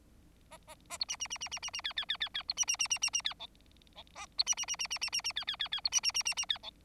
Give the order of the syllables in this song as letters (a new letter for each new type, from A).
A A A B C C C C C C C D D D D D B C C C C C C D E E A B C C C C C C C C D D D D B C C C C C D E